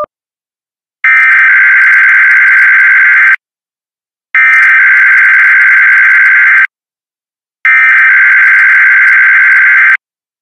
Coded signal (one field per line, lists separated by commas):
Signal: Emergency Alert System (SAME) tones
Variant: header bursts